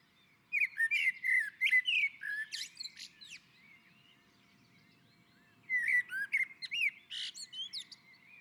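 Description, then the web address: Common blackbird song: a low fluting warble ending in high squeaky twitters, two phrases separated by a short quiet pause. On a roof. "sammel Naturinspelningar Koltrast på taket"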